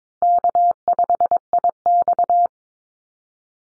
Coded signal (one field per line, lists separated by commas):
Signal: Morse code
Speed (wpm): 22 wpm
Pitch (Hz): 700 Hz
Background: none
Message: K5IX